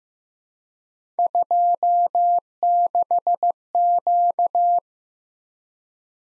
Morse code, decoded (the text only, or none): 26Q